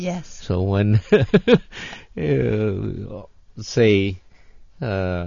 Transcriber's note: he laughs